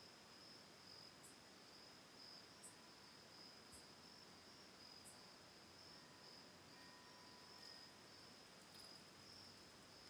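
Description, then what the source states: Crickets keep up an unbroken high trill with brief higher chirps; faint ringing tones also appear. Autumn night at a lakeside home on Cayuga Lake, Ithaca, New York, recorded October 10, 2020.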